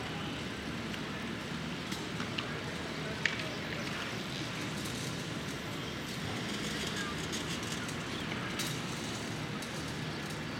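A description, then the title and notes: A Brooklyn street in the morning, with a steady, dense rumble of traffic filling the low end throughout. Short sharp clicks and knocks pop out now and then, the clearest just after three seconds, and faint brighter tones drift in around four and six seconds. Brooklyn Morning, Street.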